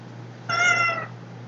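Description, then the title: Cat giving a single clear meow lasting about half a second, over a low steady hum. "The Cat's Meow"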